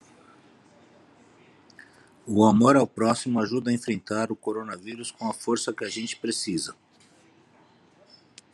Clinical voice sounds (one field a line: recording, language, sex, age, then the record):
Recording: spoken sentence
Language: Brazilian Portuguese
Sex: male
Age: 40 to 49 years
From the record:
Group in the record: control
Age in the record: 49 years